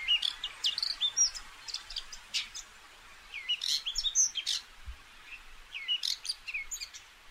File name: redbackedshrike